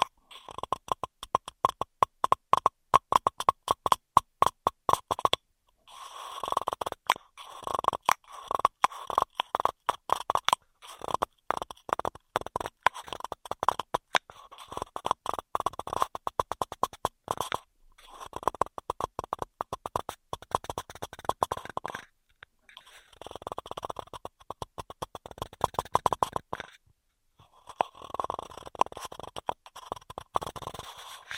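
Intense straw triggers: rapid, dense clicking and crackling bursts come in quick runs, broken by short silent gaps around 6, 22 and 27 seconds. The crackles sit mostly in the mid and upper range, with brief sniff-like breathy moments between runs.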